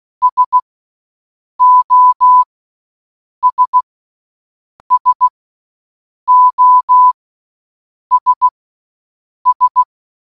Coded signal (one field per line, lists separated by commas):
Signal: Morse code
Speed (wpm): 16 wpm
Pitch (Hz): 1000 Hz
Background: none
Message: SOS SOS S